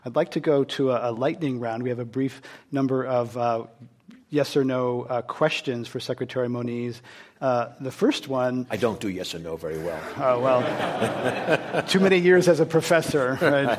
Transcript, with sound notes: I’d like to go to a lightning round. We have a brief number of yes or no questions for Secretary Moniz. The first one --
I don’t do yes or no very well.
[Laughter]
Oh well. Too many years as a professor,